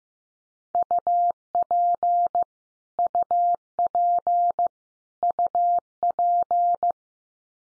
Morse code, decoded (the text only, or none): UP UP UP